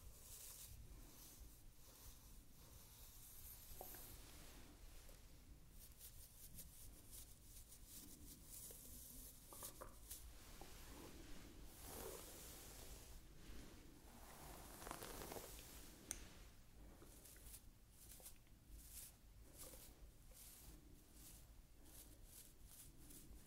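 Hair is handled and played with, making a steady run of soft rustling and crisp, hissy brushing strokes. The strokes come in quick, irregular clusters, with slightly louder, fuller sweeps near 4, 10 and 15 seconds over a faint low rumble.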